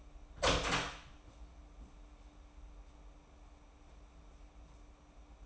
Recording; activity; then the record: daily activity, microphone in the room; open door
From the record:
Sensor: 1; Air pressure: 994.4 hPa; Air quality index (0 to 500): 213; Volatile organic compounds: 1000 ppm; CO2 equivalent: 7652 ppm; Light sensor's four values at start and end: 90/201/90/98 and 87/195/87/95